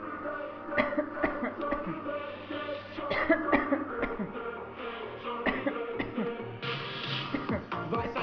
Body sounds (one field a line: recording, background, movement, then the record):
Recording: voluntary coughing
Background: music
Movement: sitting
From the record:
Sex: female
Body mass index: 25.5 kg/m2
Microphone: on the chest, facing the body